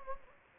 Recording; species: mosquito wingbeat signal from an infrared sensor; Anopheles gambiae